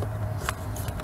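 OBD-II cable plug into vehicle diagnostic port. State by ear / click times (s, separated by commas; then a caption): not seated / none. A PHUD180BD vehicle speed and diagnostic HUD's OBD-II cable plug is handled by hand at the car's diagnostic port under the dash near the fuse area, over a steady low hum. Short sharp ticks and rustles come at about 0.5, 0.8, 0.9 and 1.0 s. The plug has not seated or clicked in yet.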